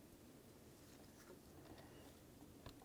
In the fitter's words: listen for that click we'll give it a tug right